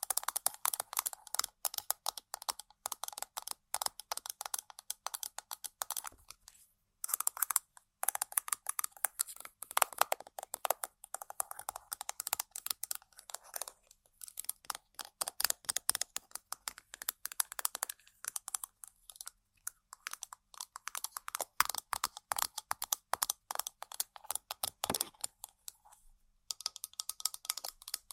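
Tapping and scratching on assorted objects, a dense run of quick, crisp clicks and scrapes that keeps going almost without pause. The sounds are bright and dry with little low end, with brief gaps near seven, eight and twenty-six seconds.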